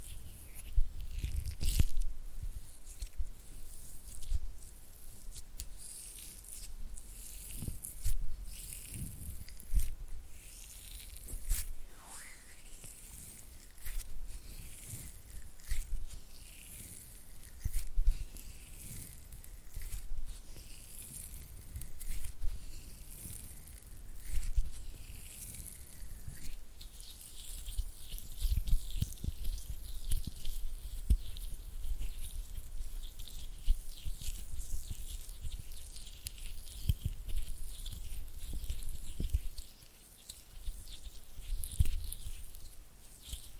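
Oily hands rub and flutter fingers in a dense, uneven stream of wet slick clicks and smacks, with brief thumps throughout.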